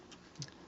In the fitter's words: so and they actually lock into place